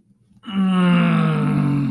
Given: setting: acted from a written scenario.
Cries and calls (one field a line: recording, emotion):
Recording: vocal sound without words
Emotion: ecstasy